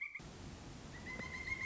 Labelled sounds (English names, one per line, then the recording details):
Pileated Woodpecker
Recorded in Sonoma County, California